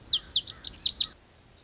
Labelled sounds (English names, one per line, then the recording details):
Lazuli Bunting
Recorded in Sonoma County, California